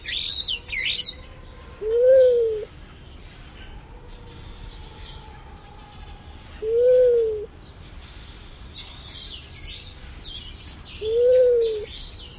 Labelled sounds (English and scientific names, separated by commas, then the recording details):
Luzon Bleeding-heart (Gallicolumba luzonica) call
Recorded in captivity
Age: adult
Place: Zoo Osnabrück, Niedersachsen, DE
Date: 1991-09-09 11:00
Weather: overcast, 13°C
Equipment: Marantz CP 430, Kopie Tesla B 116
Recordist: Tembrock, Günter